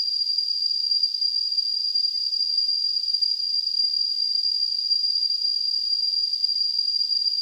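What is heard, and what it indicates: Simulated tinnitus: a steady, continuous high-pitched tone near 4.5 kHz over a band of hissing noise above about 2.5 kHz, at constant loudness throughout, with nothing in the low frequencies.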